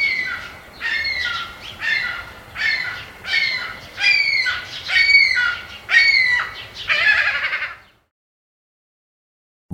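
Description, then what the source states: Ring-billed Gull uttering a run of strident, nasal, falling calls about once a second, ending in a harsher squawk before silence. Recorded at Carden Alvar in August 2026.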